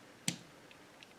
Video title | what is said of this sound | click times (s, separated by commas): F150 Transmission Oil & Filter Change & Flush. How & When to Change & Check for Signs of Wear & Tear | you hear a snap so it removes an internal clamp that's in there and then you can | 0.3 s